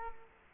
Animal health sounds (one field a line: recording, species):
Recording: mosquito wingbeat signal from an infrared sensor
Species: Culex quinquefasciatus